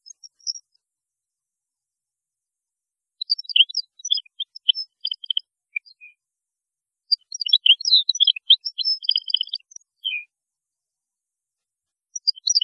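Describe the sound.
European goldfinch song in two phrases of fast liquid twitters and chirps, separated by a short gap, with a few scattered notes at the start and end.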